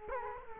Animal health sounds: mosquito wingbeat signal from an infrared sensor; Culex quinquefasciatus

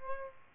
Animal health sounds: mosquito wingbeat signal from an infrared sensor; Aedes albopictus

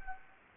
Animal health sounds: mosquito wingbeat signal from an infrared sensor; Anopheles gambiae

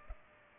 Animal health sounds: mosquito wingbeat signal from an infrared sensor; Culex pipiens

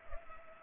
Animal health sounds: mosquito wingbeat signal from an infrared sensor; Culex pipiens

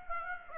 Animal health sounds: mosquito wingbeat signal from an infrared sensor; Aedes aegypti

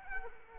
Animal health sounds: mosquito wingbeat signal from an infrared sensor; Culex quinquefasciatus

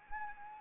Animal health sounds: mosquito wingbeat signal from an infrared sensor; Anopheles arabiensis

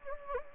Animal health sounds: mosquito wingbeat signal from an infrared sensor; Anopheles gambiae

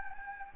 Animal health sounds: mosquito wingbeat signal from an infrared sensor; Anopheles gambiae

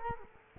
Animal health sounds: mosquito wingbeat signal from an infrared sensor; Culex quinquefasciatus

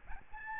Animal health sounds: mosquito wingbeat signal from an infrared sensor; Aedes albopictus

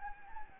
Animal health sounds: mosquito wingbeat signal from an infrared sensor; Anopheles gambiae

